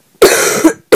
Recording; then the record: coughing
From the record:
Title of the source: Single wet cough